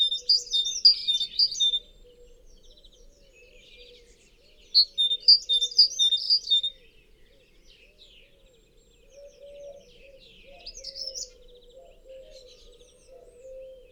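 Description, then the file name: Great tit phrases, bright high repeated notes in two short bursts separated by a quiet gap, with a lower wavering sound continuing in the background. "Parus major"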